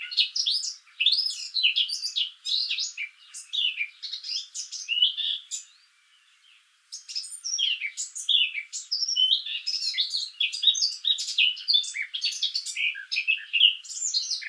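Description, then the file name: Eurasian blackcap song: a long, lively warble of varied chirps and twitters, with a short silence near the middle before the chattering resumes. "Sylvia atricapilla"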